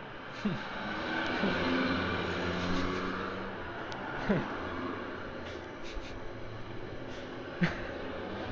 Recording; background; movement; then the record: laughter; traffic; sitting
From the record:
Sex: male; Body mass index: 20.5 kg/m2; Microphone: on the chest, facing outward